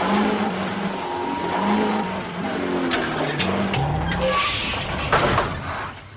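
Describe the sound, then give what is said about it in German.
In Die Drei Fragezeichen, a car engine revs hard and accelerates as Peter gives it gas while the others push the Zentrale. Its pitch rises and falls in strained surges over a steady loud rumble, with a brief squeal of tires near the end. “Weiter, Peter! Gib Gas! Jetzt bloß nicht stehen bleiben!”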